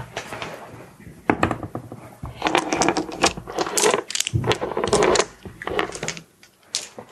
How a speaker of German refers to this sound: Wieso nimmst du so viele Würfel?